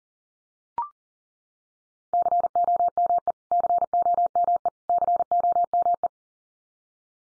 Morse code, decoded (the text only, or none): COME COME COME